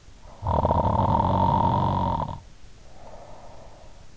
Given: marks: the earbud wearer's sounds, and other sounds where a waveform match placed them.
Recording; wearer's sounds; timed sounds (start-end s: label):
sounds in sleep by an in-ear microphone; snoring breath
0.39-3.86 s: snoring breath